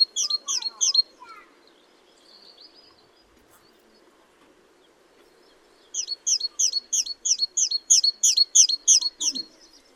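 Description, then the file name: Great tit: a short burst of high two-part notes, a long quiet gap with faint chirps, then a longer rhythmic run of the same notes. "Parus major"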